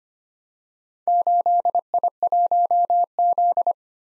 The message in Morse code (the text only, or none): 8I1Z